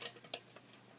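A small plastic lock on the fold-out side platform of a die cutting machine is pressed in by hand during setup. After a soft rattle at the start, a sharp, bright pop at 0.3 s marks the lock seating into place, followed by a few faint ticks.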